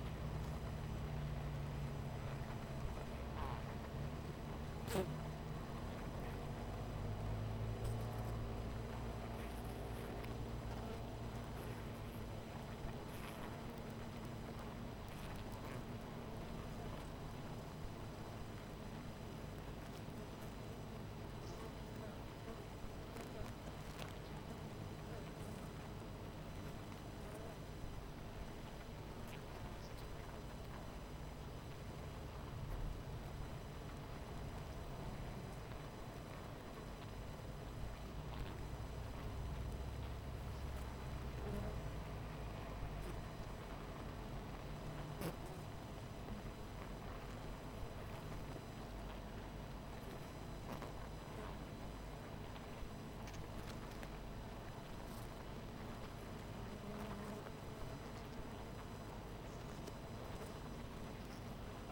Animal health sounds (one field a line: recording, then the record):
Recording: honeybee colony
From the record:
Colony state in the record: missing queen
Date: 14 July 2017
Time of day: 12:41